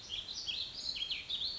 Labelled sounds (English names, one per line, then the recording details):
Warbling Vireo
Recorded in Sonoma County, California